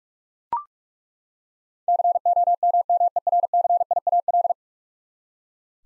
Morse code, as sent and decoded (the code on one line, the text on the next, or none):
-.-. --- -- -- . .-. -.-. .. .- .-..
COMMERCIAL